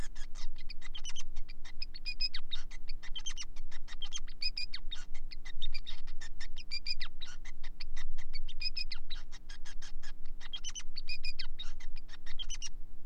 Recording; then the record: song of a male Bengalese finch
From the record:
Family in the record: son of father 5